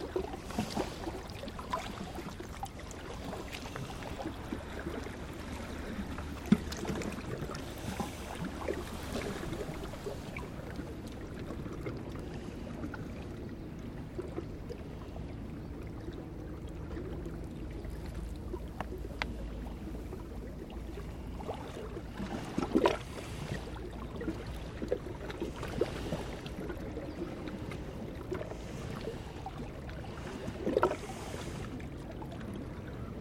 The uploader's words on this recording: Yangtze River Breathing. In the vlog, I recorded one general soundscape of the water flowing into this small inlet. It sounded like breathing. Recorded with Sonosax Minir82/ Sennheiser 8090 (ORTF).